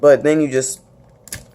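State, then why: Seated. Someone talks briefly, then a movable part on a plastic Mechagodzilla action figure is pushed down into its flying-mode position on the figure body. Two quick, sharp clicks follow close together at 1.3 s and 1.3 s as the part seats into place.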